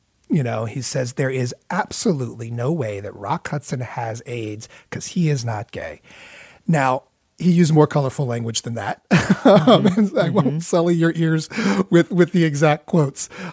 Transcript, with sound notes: You know, he says there is absolutely no way that Rock Hudson has AIDS 'cause he is not gay. Now, he used more colorful language than that (laughter). And I won't sully your ears with the exact quotes.